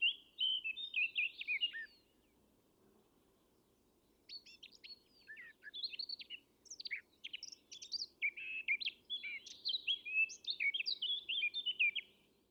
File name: Sylvia atricapilla